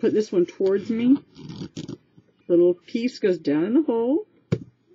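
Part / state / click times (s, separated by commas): plastic strap piece into a scrapbook album hole / seated / 4.5 s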